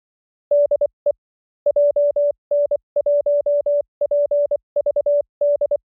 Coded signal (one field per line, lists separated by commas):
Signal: Morse code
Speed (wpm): 25 wpm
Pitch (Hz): 580 Hz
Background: none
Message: DE JN1PVD